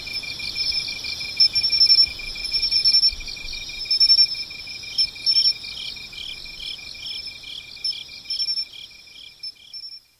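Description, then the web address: Insect chorus of pulsed chirps and throbbing high trills with intermittent high buzzy bursts, gradually quieting toward the end. "cats nishikawa 201110 mushinokoi"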